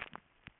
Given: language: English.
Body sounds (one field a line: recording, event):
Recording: throat vibration sensor signal played as sound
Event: swallow